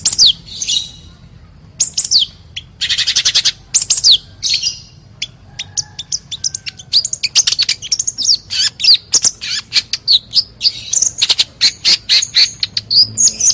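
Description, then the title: Oriental magpie-robin song, a dense run of high, scratchy chirps and fast trills with swooping whistled notes, continuing almost without pause. "Kacer"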